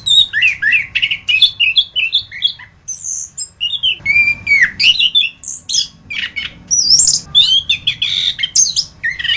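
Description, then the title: Thrush song of fast, varied whistles and harsh squeaky notes, phrases tumbling together with brief gaps, steady faint hum underneath. "Suara Burung Anis"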